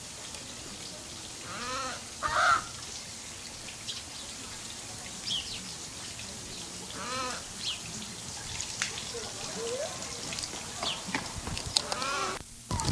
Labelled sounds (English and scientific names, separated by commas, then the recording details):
African Spoonbill (Platalea alba) call
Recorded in captivity
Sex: diverse
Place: Zoo Leipzig, Sachsen, DE
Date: 2003-10-01 17:07
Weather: fair, 16°C
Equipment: Fair Mate ST-1328 (Asahi Electronics, Japan), Sennheiser ME 80, Kopie Uher 4000 Report Monitor
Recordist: Tembrock, Günter